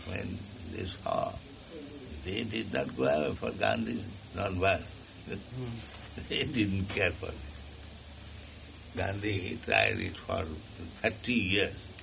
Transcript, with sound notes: When they saw they did not go away for Gandhi’s nonviolent, [laughs] they didn’t care for this. Gandhi, he tried it for thirty years.